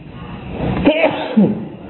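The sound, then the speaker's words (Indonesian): A single sharp sneeze bursts out over a low, steady background hum, followed by a brief voiced exhale as it trails off. “Alhamdulillah.”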